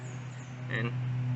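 An H11 Auxito LED fog light bulb for a 2013 Nissan Altima is handled at its plastic wiring harness connector, lined up so the locking tab can catch, while someone talks over a steady low hum. Nothing has seated or clicked yet.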